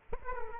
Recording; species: mosquito wingbeat signal from an infrared sensor; Aedes aegypti